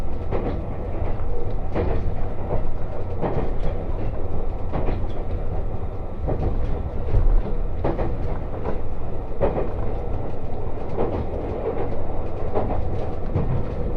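A ride aboard the Resort Shirakami No. 4 on the Gono Line between Fukaura and Iwadate: a steady, heavy low rumble of the train in motion fills the whole clip. Sharp rail-joint clacks cut through it about once a second, with a brief louder surge around seven seconds.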